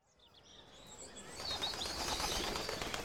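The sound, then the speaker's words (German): A bird's wings flap in a rising flurry of soft, rapid beats as it lands in a park, growing louder over a few seconds, with faint high chirps scattered through the start. “Er landet lieber ein Stück weiter weg von uns.”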